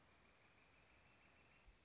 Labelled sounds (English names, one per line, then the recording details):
Northern Flicker
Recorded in Sonoma County, California